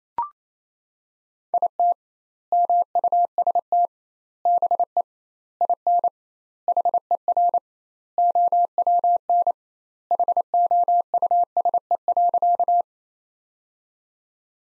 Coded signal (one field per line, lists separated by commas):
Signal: Morse code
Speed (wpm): 28 wpm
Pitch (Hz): 700 Hz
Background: none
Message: IT MUST BE IN HER OWN HOUSE.